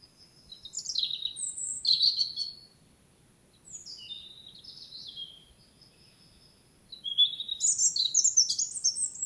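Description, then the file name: European robin singing: high, thin whistled phrases that slide and tumble, a pause after a burst, then a fainter run and a brighter closing flourish. "Erithacus rubecula"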